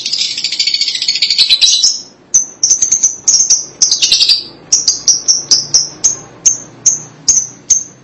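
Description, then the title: Lovebird chatter: a long harsh shrill burst, then a run of sharp high chirps with another short harsh burst. "BM Suara Burung Lovebird"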